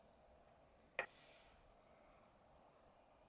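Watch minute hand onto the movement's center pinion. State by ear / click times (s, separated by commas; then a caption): seated / 1.0 s. A watch minute hand is pressed down over the dial onto the movement's center pinion and seats with a single sharp, distinct click at 1.0 s. The rest of the clip is a quiet, low background hiss, and the hand is in place.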